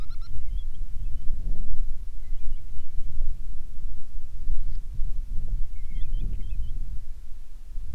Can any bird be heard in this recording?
yes